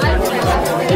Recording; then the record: background sound without coughing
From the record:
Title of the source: Nightlife Party Simulating Party Club Noise 1 Hour